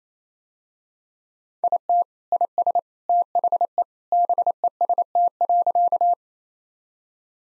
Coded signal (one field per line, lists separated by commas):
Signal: Morse code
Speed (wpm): 28 wpm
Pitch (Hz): 700 Hz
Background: none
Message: IT IS THE BEST.